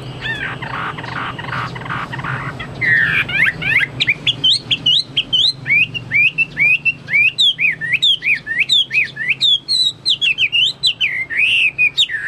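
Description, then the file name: Chinese hwamei singing: a harsh, noisy opening burst gives way to a fast stream of loud whistled notes that swoop up and down. "omkicau hwamei"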